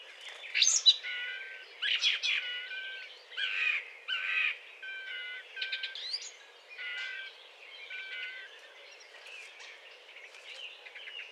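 Eurasian blackcap courtship song: a series of short warbled phrases, each mixing scratchy notes with clearer whistled tones, given about every second or two.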